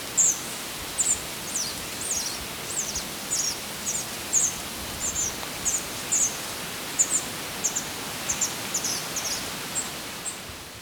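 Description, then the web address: Vermilion tanager song: high, thin chirping notes repeated many times over a soft background hiss. Ecuador. "S America Birds of Ecuador. Vermilion Tanager"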